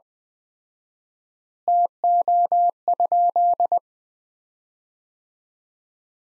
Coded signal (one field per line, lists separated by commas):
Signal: Morse code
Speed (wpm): 20 wpm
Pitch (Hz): 700 Hz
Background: none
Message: TO?